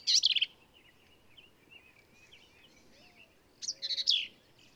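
Black-capped vireo song, a harsh, sputtering high phrase at the start and another burst near the end, with faint thin bird notes in between.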